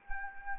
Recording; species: mosquito wingbeat signal from an infrared sensor; Anopheles arabiensis